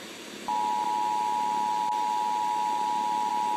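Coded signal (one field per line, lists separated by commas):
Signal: Emergency Alert System (SAME) tones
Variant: 853 and 960 Hz attention tone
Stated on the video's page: Fictional EAS scenario about worldwide global heating, simulated.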